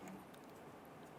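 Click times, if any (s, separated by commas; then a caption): none. A low beam headlight bulb for a 2012-2017 Toyota Camry is handled and twisted into its headlamp housing, heard as a steady low rustle with no sharp sounds. Nothing has seated or locked yet.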